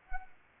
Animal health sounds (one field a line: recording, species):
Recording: mosquito wingbeat signal from an infrared sensor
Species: Anopheles arabiensis